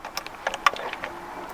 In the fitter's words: and they click into place when they go.